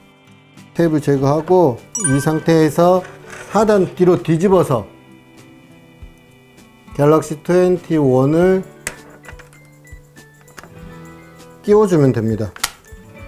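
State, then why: Seated. A smartphone, a Galaxy S21 Ultra, is flipped over and pressed into a plastic alignment jig used to install a tempered-glass screen protector. Someone talks while faint rattles are heard, then sharp plastic clicks come at 8.9 s and 10.6 s. The phone seats exactly aligned in the jig.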